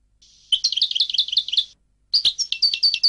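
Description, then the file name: European goldfinch singing two fast twittering phrases of bright, jingling notes, a longer run then a brief pause and another sparkling burst. "audio burung goldfinch"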